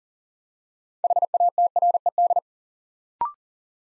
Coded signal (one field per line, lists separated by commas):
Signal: Morse code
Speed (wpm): 42 wpm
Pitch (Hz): 700 Hz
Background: none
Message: HATRED